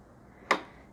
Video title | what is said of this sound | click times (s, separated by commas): Learn Your Embroidery Machine! Janome Skyline S9: Machine Embroidery Setup | and you lock it like that and you'll know it's in place because this is not going to wiggle wiggle around | 0.5 s